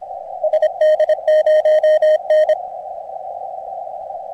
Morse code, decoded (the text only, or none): SD0N